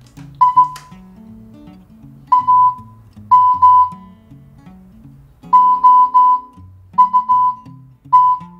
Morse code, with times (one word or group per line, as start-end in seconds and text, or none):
0.4-0.6 I
2.3-3.8 AM
5.5-8.3 OUT